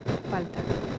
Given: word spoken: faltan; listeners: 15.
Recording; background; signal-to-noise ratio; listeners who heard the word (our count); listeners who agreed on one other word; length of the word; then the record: one Spanish word in noise, from a listening test; noise modulated by three-talker babble; -4.0 dB; 1 of 15; 12 of 15; 0.58 s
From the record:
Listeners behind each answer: 12, 2, 1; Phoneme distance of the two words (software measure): 7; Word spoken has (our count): 2 syllables, 6 phonemes, stress on syllable 1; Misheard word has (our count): 2 syllables, 5 phonemes, stress on syllable 1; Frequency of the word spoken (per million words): 19.53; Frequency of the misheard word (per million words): 243.81